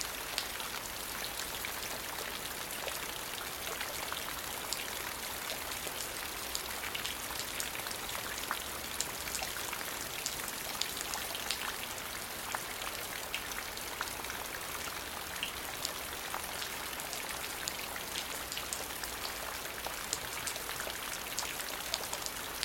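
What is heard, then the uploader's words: Steady rain falls throughout, a dense, even hiss with countless fine drops pattering on a surface. The sound stays bright, with scattered crisper taps standing out, and a faint low rumble sits underneath without any change in intensity. Peaceful Rain Sound, Rain Ambience.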